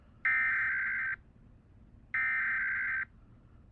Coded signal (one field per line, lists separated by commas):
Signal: Emergency Alert System (SAME) tones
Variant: header bursts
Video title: Tests from this week (EAS# 579 584)